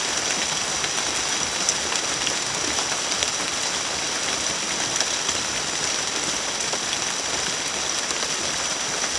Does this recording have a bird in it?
no